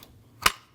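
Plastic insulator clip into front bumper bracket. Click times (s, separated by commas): 0.5 s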